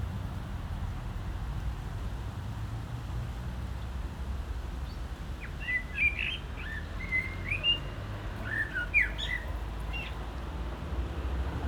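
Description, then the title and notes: Common blackbird song: a quiet stretch, then fluting, warbled phrases with high squeaky notes, set against a soft low hum. Singing in a barranco at Agaete, Las Palmas, Spain; cars on a road nearby; recorded with DPA-2006c microphones in AB position into a MixPre-3. "Agaete, Las Palmas, Espagne - Blackbird singing in the barranco. Un merle chante dans le barranco, voitures sur la route pas loin"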